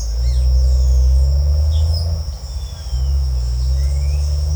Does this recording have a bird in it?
yes